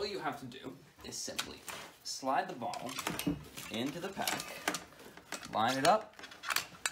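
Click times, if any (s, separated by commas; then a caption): none. A firefighter slides an air cylinder into a self-contained breathing apparatus (SCBA) backpack frame and lines it up while someone talks. Brief handling knocks are heard around 5.2, 5.3, 6.6 and 6.9 seconds. The bottle is handled but not yet home; nothing has clicked or seated yet.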